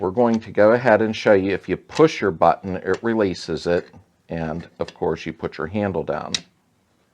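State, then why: Not seated. Someone talks while pressing the release button on a removed metal handbrake lever assembly from a VW Beetle and lowering the handle, working the ratchet and cat's paw mechanism. No distinct click is heard above the speech, and nothing has seated or clicked into place yet.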